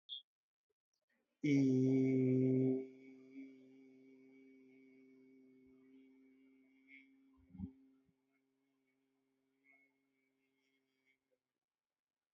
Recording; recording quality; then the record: sustained vowel as in beet; excellent, no background noise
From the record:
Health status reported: healthy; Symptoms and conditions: none ticked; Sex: male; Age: 47 years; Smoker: not ticked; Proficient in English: yes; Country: India